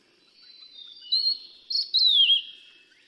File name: 黃胸藪眉